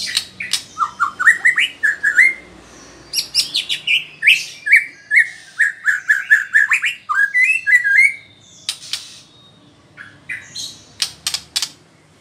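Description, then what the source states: White-rumped shama delivering long strings of stepped, fluting whistles that rise and fall, broken by sharp clicks and short harsh notes. Female.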